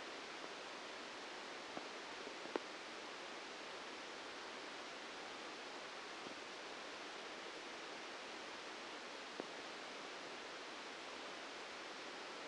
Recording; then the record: brain microelectrode recording played as sound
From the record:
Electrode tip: outside the subthalamic nucleus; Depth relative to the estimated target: 4 mm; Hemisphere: left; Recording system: NeuroSet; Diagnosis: Parkinson's disease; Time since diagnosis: 13 years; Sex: male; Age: 63 years